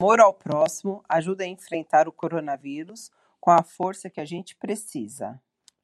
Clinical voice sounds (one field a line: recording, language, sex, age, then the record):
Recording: spoken sentence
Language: Brazilian Portuguese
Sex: female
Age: 40 to 49 years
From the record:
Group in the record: control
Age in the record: 42 years